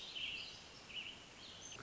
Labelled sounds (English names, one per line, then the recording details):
American Robin
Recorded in Sonoma County, California